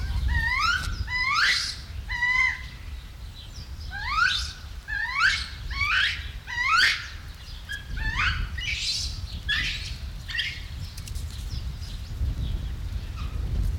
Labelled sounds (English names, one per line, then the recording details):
Japanese Macaque
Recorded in captivity
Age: juvenile
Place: Zoo Berlin, Berlin, DE
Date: 1994-01-15 10:35
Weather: wechselnd wolkig, +5 °C
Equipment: Marantz CP 430, Sennheiser MKH 416 T, Kopie Uher Variocord 263
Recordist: Tembrock, Günter
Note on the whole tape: Halbwüchsiges Jungtier, Laute gegen andere gerichtet